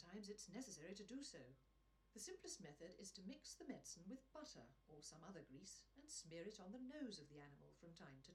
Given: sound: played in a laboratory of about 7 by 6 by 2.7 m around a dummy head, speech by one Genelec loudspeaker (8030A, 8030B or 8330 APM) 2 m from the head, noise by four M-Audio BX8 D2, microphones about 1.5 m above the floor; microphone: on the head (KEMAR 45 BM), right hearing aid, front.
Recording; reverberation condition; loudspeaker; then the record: female speech in English; low; in front (0 degrees)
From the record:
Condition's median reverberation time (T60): about 310 ms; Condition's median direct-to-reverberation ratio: about 3.5 dB